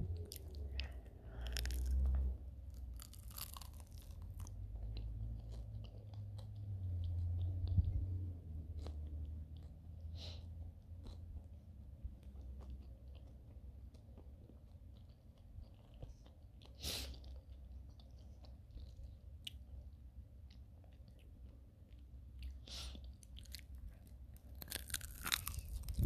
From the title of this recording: Eating fishsticks